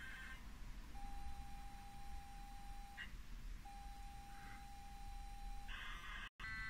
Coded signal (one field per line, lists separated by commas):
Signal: ZX Spectrum tape loading